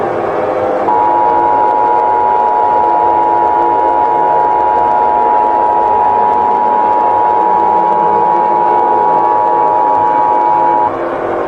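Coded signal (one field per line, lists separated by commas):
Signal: Emergency Alert System (SAME) tones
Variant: 853 and 960 Hz attention tone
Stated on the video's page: Fictional EAS scenario of a Galactic Empire invasion, with tones made with EAS encoder software.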